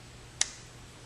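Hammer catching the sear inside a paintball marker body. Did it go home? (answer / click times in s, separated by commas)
yes / 0.4 s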